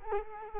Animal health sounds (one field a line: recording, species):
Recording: mosquito wingbeat signal from an infrared sensor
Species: Culex quinquefasciatus